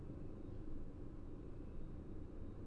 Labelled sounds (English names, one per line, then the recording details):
none
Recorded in Germany
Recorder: ecoPi